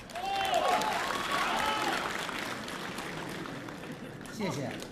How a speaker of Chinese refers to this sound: 谢谢大家热情的掌声， 谢谢。